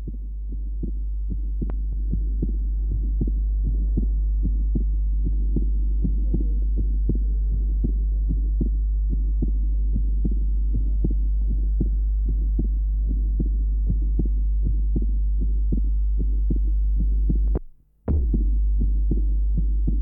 An adult with an atrial septal defect the normal first sound, the grade 1/6 ejection systolic murmur, and the wide fixed splitting of the second sound taken from the pulmonary area.